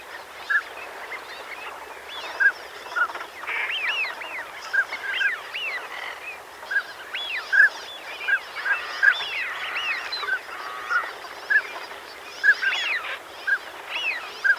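Northern pintail flock: short piping whistles sounding every second or so over a steady bed of overlapping nasal, curving calls from many birds.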